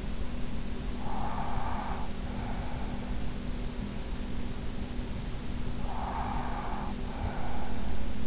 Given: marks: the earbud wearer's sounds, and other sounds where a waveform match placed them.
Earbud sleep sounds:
sounds in sleep by an in-ear microphone; breath
0.48-3.49 s: breath
5.53-8.27 s: breath

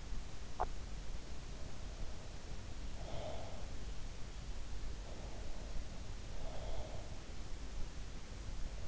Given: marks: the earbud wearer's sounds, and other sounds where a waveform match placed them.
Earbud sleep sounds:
sounds in sleep by an in-ear microphone; swallowing, breath
0.00-1.05 s: swallowing
1.70-3.97 s: breath
5.31-7.42 s: breath

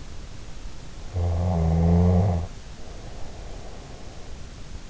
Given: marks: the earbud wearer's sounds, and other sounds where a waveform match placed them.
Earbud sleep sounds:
sounds in sleep by an in-ear microphone; snoring breath
1.11-3.92 s: snoring breath

